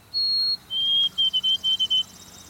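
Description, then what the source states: White-throated sparrow whistling its song: one long clear note, a lower held note, then several short repeated whistles on the same pitch. Pure whistled notes from a nearby evergreen; sweet song that rings through many northern forests across the continent.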